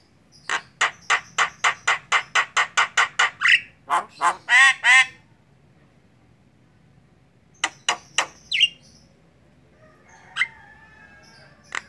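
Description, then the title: Javan myna pouring out a quick run of dry clicking notes, then coarse nasal squawks, followed by scattered sharp notes and a brief whistle. Javan myna in ngoceh, a chattering song style. "Jalak Kebo Ngoceh"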